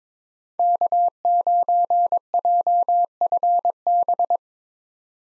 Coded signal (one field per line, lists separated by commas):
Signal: Morse code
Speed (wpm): 22 wpm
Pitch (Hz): 700 Hz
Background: none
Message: K9JFB